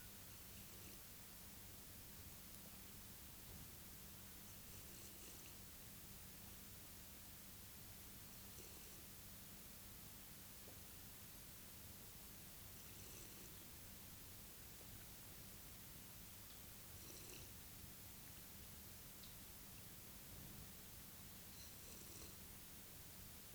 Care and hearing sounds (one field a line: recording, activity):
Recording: daily activity, guitar pickup as the sensor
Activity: drink water